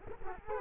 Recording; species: mosquito wingbeat signal from an infrared sensor; Culex quinquefasciatus